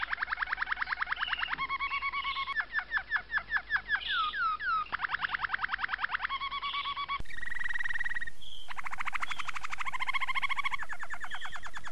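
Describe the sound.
Domestic canary song: quick repeated chirps and descending swoops, then a switch to dense buzzy trills and rolling phrases.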